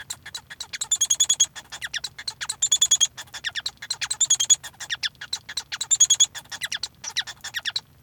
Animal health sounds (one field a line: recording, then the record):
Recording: song of a male Bengalese finch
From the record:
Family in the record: son of father 1